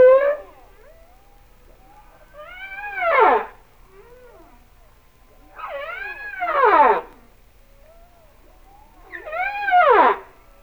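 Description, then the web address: Humpback whale song: three loud harmonic arching cries, each sweeping up then sliding down, about every three to four seconds, with softer upswept notes between them. "Whale Songs Sounds of Nature - Humpback Whales"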